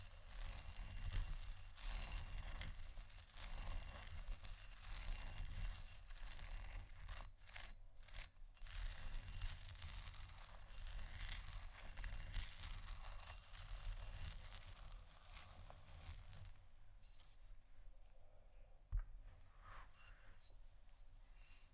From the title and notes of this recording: ASMR Scratching & Tapping On Canisters（No Talking）.